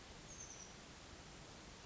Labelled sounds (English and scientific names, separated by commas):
Oak Titmouse (Baeolophus inornatus)